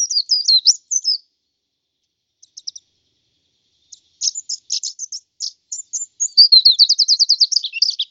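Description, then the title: White-eye song: thin high twitters, faint chips, then a busy stream of chirps ending in a fast, regular trill. "Suara burung pleci"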